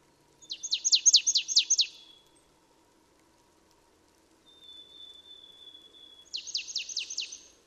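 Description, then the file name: Marsh tit: a quick burst of sharp, downward-sweeping notes, a long thin level whistle, then another rapid series of descending notes. "Poecile palustris"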